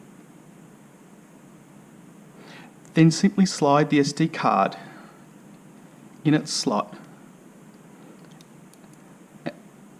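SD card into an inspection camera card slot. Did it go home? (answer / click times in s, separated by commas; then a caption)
yes / 9.5 s. Someone talks, then an SD card is slid into the card slot of a Reach HD250 inspection camera and pushed in. A sharp click sounds at 9.5 s as the card seats and holds its position.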